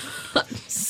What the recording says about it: I have something called distant cough. I'm coughing, but it really sounds like it's from a distance because it comes from deep down in the esophagus, in the larynx, and it's not anything dangerous. It will go away. It's treatable just with any cough drop.